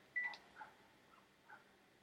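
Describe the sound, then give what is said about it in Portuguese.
A mobile phone that someone left behind gives a few short, faint electronic beeps at uneven intervals, thin mid-pitched tones over a quiet background with no talking. “Opa, alguém deixou um telefone por aqui.”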